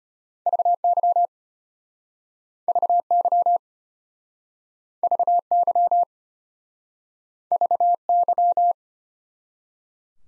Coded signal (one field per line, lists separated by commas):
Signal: Morse code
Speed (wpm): 34 wpm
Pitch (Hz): 700 Hz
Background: none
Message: VY VY VY VY